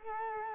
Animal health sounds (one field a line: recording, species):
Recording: mosquito wingbeat signal from an infrared sensor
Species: Culex quinquefasciatus